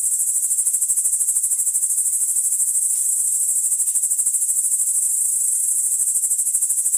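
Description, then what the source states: Crickets chirping, a high, sharply pulsed trill repeating several times a second in a steady, unbroken rhythm. Crickets recorded in the Emmental.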